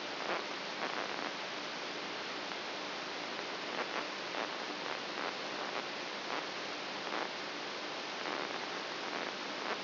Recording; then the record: brain microelectrode recording played as sound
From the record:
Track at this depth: inside the subthalamic nucleus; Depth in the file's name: 3.44 mm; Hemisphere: right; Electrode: 2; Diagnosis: Parkinson's disease